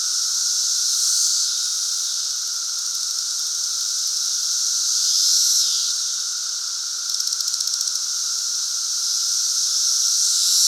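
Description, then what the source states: Periodical cicadas in a dense, unbroken chorus, a high hissing wash with a steady lower drone, swelling around the middle and again at the end, with a brief burst of rapid ticking later on. Chorus in Central Illinois during the 2024 cicada super bloom.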